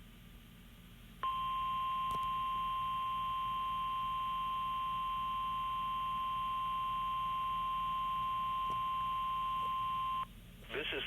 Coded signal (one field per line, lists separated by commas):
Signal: Emergency Alert System (SAME) tones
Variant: 1050 Hz attention tone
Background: speech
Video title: EAS NOAA Required Weekly Test 7/21/21 EAS#83